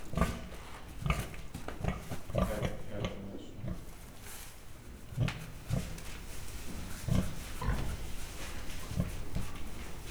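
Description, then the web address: Mangalica pig: a loose series of short, low, rough sounds, with faint rustling and shuffling in between. Captive Mangalica pig at a zoo in Miskolc, recorded in 2009, scratching itself and shaking its ears. "miskolcizoo 2009 standardt mangalica"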